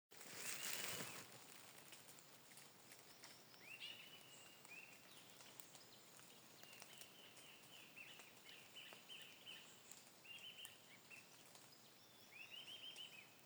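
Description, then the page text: Sibilant Sirystes calling with a series of short, high, rolling whistled trills, several close together, after a loud rustling noise at the start, with faint background hiss. Recorded 22 June 2025 in Misiones, Argentina. "Suirirí Silbón (Sirystes sibilator). Santiago Juan Torres"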